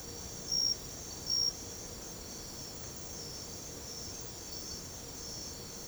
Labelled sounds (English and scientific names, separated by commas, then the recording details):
none
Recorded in secondary vegetation near Puerto Asís, Putumayo, Colombia, on 22 December 2024 at 04:00
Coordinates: 0.489, -76.322
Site G059